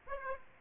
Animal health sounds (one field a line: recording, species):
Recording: mosquito wingbeat signal from an infrared sensor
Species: Aedes aegypti